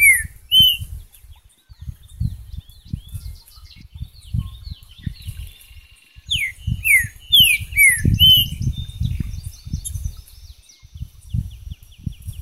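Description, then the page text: Green-winged saltator singing a few clear, falling whistled notes at the start and again from about six seconds, over soft bird chatter and low rumbling thumps. "TRINCA FERRO #Saltatorsimilis #natureza #trincaferro #birds"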